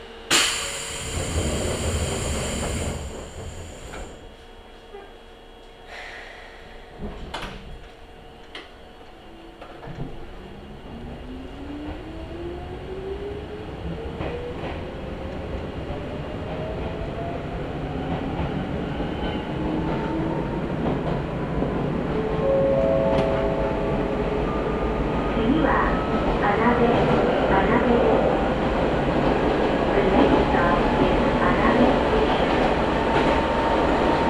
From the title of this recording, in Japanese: 伊豆箱根鉄道 大雄山線 穴部→塚原→五百羅漢